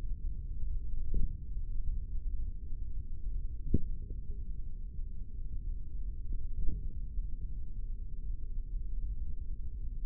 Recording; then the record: forearm muscle sounds (acoustic myography)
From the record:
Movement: hand closing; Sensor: system 3, bracelet of six PUI Audio POM-2738L microphones around the upper forearm, with dedicated amplification and filtering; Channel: 4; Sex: male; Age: 25 years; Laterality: right